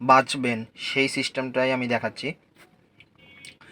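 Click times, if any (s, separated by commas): 3.0 s, 3.5 s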